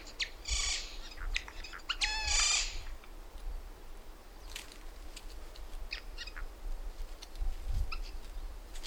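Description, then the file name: Eurasian jay giving two harsh, rasping screeches early on, followed by scattered faint clicks and ticks against a low rumble. "Garrulus glandarius"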